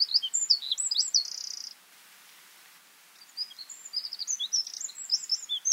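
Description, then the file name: Eurasian wren song: shrill, fast notes with a buzzy trill, a pause of about a second, then another rapid high twittering phrase. "Troglodytes troglodytes"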